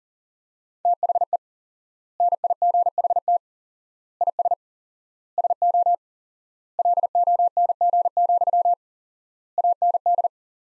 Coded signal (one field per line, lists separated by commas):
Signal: Morse code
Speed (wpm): 40 wpm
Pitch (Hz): 700 Hz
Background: none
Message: THE NIGHT IS SO LONG, AND